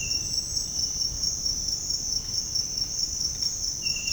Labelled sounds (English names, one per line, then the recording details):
none
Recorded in dense forest near Puerto Asís, Putumayo, Colombia, on 23 June 2025 at 06:30
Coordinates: 0.481, -76.323
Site G072